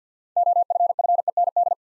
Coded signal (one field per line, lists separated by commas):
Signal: Morse code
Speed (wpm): 54 wpm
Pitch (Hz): 700 Hz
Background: none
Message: OFFEND